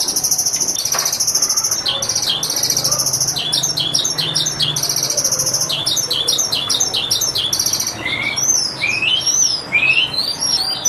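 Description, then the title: Javan bush lark singing a fast, busy string of high buzzy chirps and trills, later shifting to sweeping rising whistles. "Suara Burung Branjangan"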